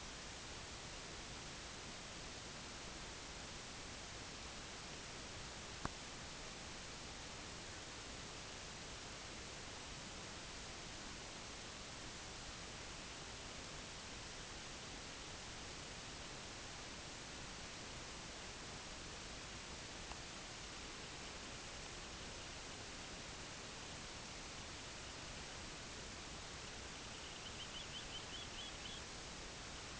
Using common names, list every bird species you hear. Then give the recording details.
Semipalmated Sandpiper. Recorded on Arctic tundra, site IGLO-D, on 16 June 2018. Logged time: 12:00